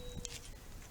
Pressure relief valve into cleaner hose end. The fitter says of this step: again if you just push firmly it should snap right into the hose